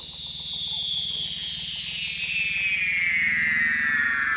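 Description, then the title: Weddell seal underwater call: a loud, sustained whistle falling gradually in pitch, over a bed of rapid low pulsing. "Douglas Quin - Weddell Seals (Underwater)"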